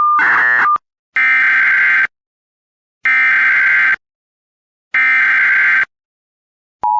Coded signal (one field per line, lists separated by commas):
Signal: Emergency Alert System (SAME) tones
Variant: header bursts